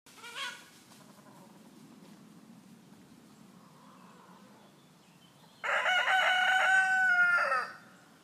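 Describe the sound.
Chicken giving a short call at the start, then a quiet stretch, then a loud rooster crow held for about two seconds near the end.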